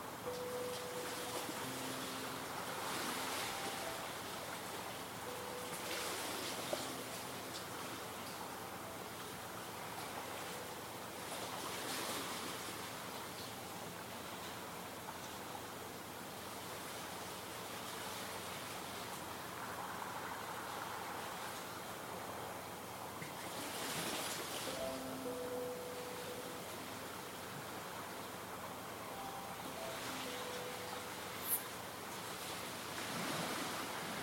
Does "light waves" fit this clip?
yes